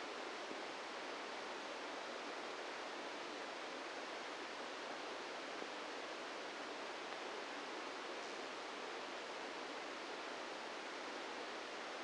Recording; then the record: brain microelectrode recording played as sound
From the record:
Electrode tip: outside the subthalamic nucleus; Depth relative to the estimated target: 1 mm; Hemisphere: right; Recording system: NeuroSet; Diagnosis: Parkinson's disease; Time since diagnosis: 17 years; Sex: male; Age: 64 years